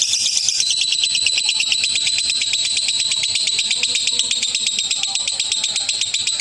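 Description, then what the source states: Lovebird song, a dense, continuous stream of shrill, rapid chirps and squeaky notes, high and unbroken throughout. Presented as master recording for training other birds.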